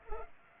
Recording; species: mosquito wingbeat signal from an infrared sensor; Culex pipiens